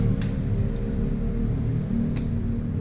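A power supply cable connector is pushed into a motherboard header after some struggle, with a faint tick at 0.2 s over a steady low hum. It finally clicks into place at 2.2 s and is seated, done.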